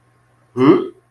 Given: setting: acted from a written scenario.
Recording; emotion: vocal sound without words; disappointment